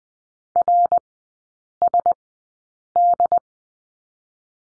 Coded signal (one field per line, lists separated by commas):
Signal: Morse code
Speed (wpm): 20 wpm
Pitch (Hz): 700 Hz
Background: none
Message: RSD